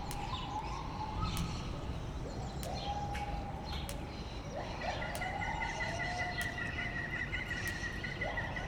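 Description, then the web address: White-handed gibbon song: long drawn whistled notes that rise and level off, some overlapping, over steady background hiss and a few clicks. Singing in the monkey house at Debrecen Zoo in 2012. "allathangok debrecenizoo 2012 feherkezugibbon enekamajomhazbol villanypasztor"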